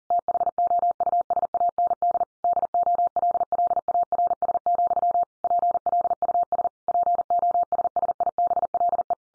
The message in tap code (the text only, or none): none